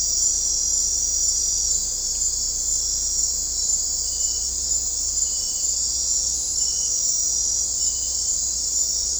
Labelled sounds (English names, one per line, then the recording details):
none
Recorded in dense forest near Puerto Asís, Putumayo, Colombia, on 16 December 2024 at 23:30
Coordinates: 0.499, -76.324
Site G045